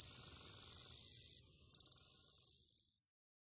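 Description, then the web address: Black-legged Meadow Katydid giving a high, hissing buzz, then a rapid string of ticks leading into a second buzz that stops abruptly, followed by silence. "The Songs of Insects Black-legged Meadow Katydid"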